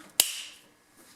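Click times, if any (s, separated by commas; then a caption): 0.2 s. A plastic protective cover is snapped back over the battery terminal nut on an alternator's output terminal. A sharp, bright snap sounds at 0.2 s, trailing off in a hiss that fades by about 0.6 s. The cover is seated.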